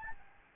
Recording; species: mosquito wingbeat signal from an infrared sensor; Aedes albopictus